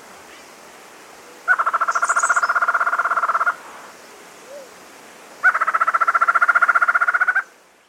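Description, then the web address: Collared Antshrike song: two fast, steady trains of harsh repeated notes, each about two seconds long, separated by a pause; a faint high chirp during the first. South America. "Natures Songs S America Collared Antshrike"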